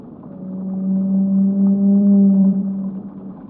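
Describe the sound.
Whale moan, a sustained low tone swelling and fading over roughly three seconds, with fainter parallel overtones above and a rumbling background.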